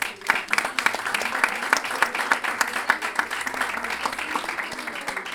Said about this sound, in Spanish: un aplauso para